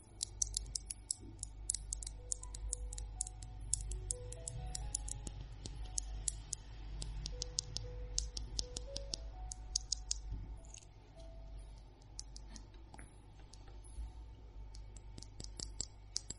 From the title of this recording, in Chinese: 长指甲敲击物品音